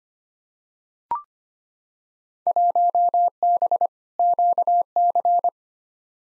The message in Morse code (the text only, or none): 1B QC